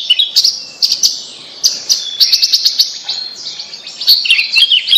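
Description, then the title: Bird singing a jumbled high twitter of chirps, buzzy notes and short trills, broken by brief pauses. "Kicau Burung Yoi"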